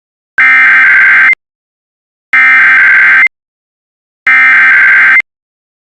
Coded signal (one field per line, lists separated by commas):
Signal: Emergency Alert System (SAME) tones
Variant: header bursts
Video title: IPAWSCAP EAS Accidental Earthquake Warning for Wildfire Evacuation (07/25/26)